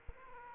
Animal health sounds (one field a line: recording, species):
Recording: mosquito wingbeat signal from an infrared sensor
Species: Aedes aegypti